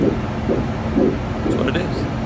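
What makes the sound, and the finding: Fetus by Doppler monitor. Fetal heartbeat.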